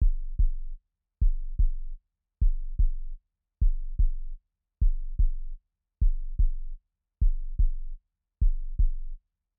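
Regular paired low thumps, lub-dub, at about 50 beats a minute with a steady rhythm and quiet pauses between beats. Normal heartbeats, with no added sounds.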